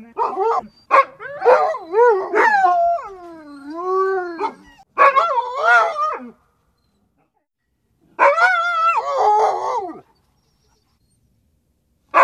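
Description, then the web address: Dog howling in wavering, drawn-out tones that rise and fall, broken by short yelping bursts and pauses of silence. "som uivo de cao"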